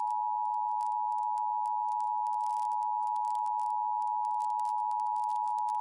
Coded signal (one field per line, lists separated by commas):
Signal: Emergency Alert System (SAME) tones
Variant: 853 and 960 Hz attention tone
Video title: EAS #38: Ohio Required Monthly Test - September 14, 2022 9:49 AM